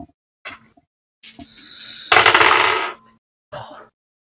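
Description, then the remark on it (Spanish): Dice clatter across a tabletop in a few short bursts, building to a louder, sustained rattle before settling, then one more brief tumble; no voices. They are rolled for two attacks with advantage in a Curse of Strahd tabletop role-playing game session. “Tira dos ataques con ventaja.”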